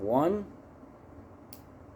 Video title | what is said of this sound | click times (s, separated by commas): DexCom How to! G6 edition | two I doubt you could hear that it's very very quiet make sure you hear your two clicks and | 1.5 s